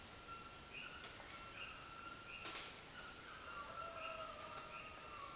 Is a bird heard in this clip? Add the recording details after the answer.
yes. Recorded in dense forest near Puerto Asís, Putumayo, Colombia, on 29 June 2025 at 09:00. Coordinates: 0.484, -76.325. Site H65